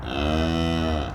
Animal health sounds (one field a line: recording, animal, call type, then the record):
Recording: contact call of a hoofed animal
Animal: cattle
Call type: low-frequency (closed-mouth) or high-frequency (open-mouth) call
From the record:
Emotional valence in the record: negative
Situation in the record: full separation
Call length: 1.15 s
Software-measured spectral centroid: 1870 Hz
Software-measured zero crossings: 1450 a second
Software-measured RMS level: -24 dBFS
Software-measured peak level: -11 dBFS